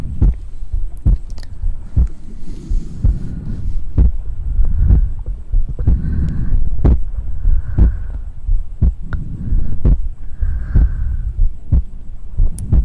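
Wet mouth sounds: soft smacks and clicks land every second or so, over a low, thumping rumble that swells and fades like breathing or chewing. Brief higher squeaks and faint hissy bursts appear now and then, with a thin steady whine underneath.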